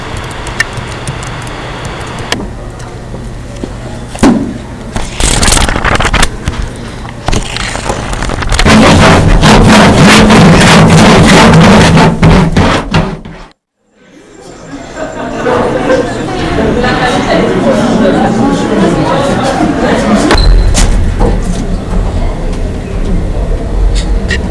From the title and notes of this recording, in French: Expérience sonore à la Kunsthalle. Nous avons enregistré des sons dans le bâtiment de La Fonderie (qui accueille un centre d'art contemporain et une université). Les sons ont ensuite été montés pour réaliser une bande sonore.